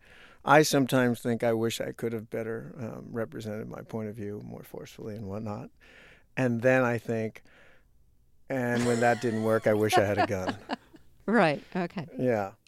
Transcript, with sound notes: I sometimes think I wish I could have better represented my point of view more forcefully and whatnot. And then I think and when that didn't work I wish I had a gun.
(SOUNDBITE OF LAUGHTER)
Right. Okay.